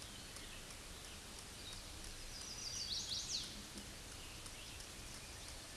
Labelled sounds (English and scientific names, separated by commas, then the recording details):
Chestnut-sided Warbler (Setophaga pensylvanica) song
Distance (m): 35 m
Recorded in a Pennsylvania forest on 18 May 2023 at 06:42
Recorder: AudioMoth, point grid1_24_low
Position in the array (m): 132 m, 211 m